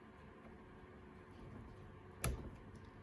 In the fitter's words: That snap, hear it?